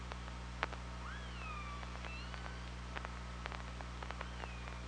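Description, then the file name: Orca calls: several arching tonal sweeps rising then falling, with frequent sharp clicks throughout and a constant low-pitched hum beneath. OrcaLab hydrophone, 24 August 2017, about 07:38. "Orca Lab UTLN JASON 20170824 073804 h 5 CR ORCALABDYNI"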